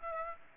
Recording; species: mosquito wingbeat signal from an infrared sensor; Aedes aegypti